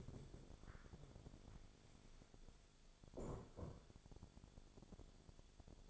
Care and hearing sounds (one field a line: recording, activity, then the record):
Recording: daily activity, microphone in the room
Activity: stand up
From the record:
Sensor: 5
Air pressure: 1000.5 hPa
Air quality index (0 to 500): 139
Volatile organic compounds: 2 ppm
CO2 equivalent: 1082 ppm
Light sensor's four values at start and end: 44/103/42/44 and 44/103/42/44